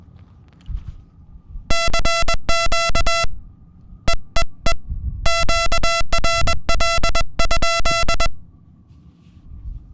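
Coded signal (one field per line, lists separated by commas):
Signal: Morse code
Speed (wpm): 21 wpm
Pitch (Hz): 1350 Hz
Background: music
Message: CQ EEE QRL?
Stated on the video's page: SOTA summit activation on a Rockmite QRP transceiver kit at 6-7 hundred milliwatts.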